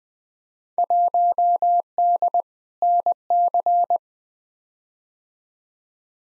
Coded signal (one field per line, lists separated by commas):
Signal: Morse code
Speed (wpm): 20 wpm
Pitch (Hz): 700 Hz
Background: none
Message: 1D NC